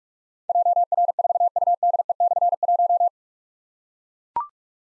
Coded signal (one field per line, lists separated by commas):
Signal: Morse code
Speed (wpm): 44 wpm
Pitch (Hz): 700 Hz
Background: none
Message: JR4UDE/1